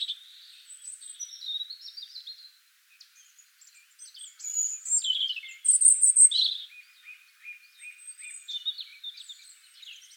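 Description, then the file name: European robin song: thin high whistles and rippling warbles, a loud piercing high note midway, then a soft run of repeated short notes. "Erithacus rubecula"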